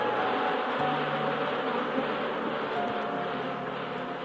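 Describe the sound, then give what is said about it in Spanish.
A bee buzzes steadily for about four seconds, a continuous droning hum with a rough, noisy texture and a faint low tone that wavers slightly. No one speaks. “Sin conocer el zumbido de la abeja que lleve nuestro polen más allá del horizonte.”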